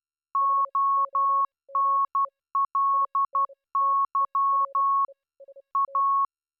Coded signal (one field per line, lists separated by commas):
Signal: Morse code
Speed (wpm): 12 wpm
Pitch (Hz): 1100 Hz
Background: none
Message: ONLY A